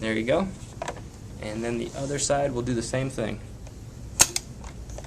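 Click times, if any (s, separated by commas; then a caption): 4.2 s. Someone talks while the second seat tube, with its spring button, is pressed into the frame of a Graco Love and Hug Swing. It seats with a sharp click at 4.2 s, followed by a brief second tick. The tube is then tugged to confirm the frame is properly assembled.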